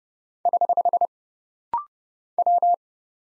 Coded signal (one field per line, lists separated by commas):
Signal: Morse code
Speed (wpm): 31 wpm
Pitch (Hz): 700 Hz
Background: none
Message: <HH> W